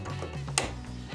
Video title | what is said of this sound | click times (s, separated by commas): MaxPro Fitness - The Compact Home Gym That Replaces Multiple Machines | They kind of snap into place, and then of course we have this little secure latch to pull down on both sides. | 0.6 s